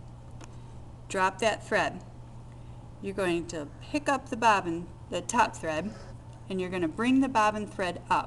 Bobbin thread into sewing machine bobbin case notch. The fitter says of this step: you should hear a little click